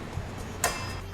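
On a Toyota internal combustion forklift, the fork has been slid along the carriage and its steel locking pin is turned back down so it drops into a notch. A sharp, bright metallic click rings out at 0.6 s over a low steady hum, with a faint softer knock just before it. The fork positioning pin seats in the carriage notch.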